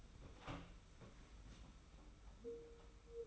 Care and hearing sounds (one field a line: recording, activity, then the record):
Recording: daily activity, microphone in the room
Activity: open door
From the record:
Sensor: 1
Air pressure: 991.6 hPa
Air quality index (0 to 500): 128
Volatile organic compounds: 343 ppm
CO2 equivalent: 4571 ppm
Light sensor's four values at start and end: 33/108/42/43 and 33/107/42/43